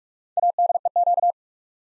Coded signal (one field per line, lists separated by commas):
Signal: Morse code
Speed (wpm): 44 wpm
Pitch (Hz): 700 Hz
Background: none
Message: ADEQ